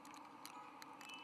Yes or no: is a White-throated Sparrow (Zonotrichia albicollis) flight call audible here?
no